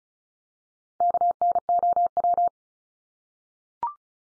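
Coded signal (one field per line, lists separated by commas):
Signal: Morse code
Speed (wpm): 34 wpm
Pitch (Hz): 700 Hz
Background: none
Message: KNOW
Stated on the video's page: Top 100 English words head-copy drill at 35wpm, each word sent three times, spoken, then sent again.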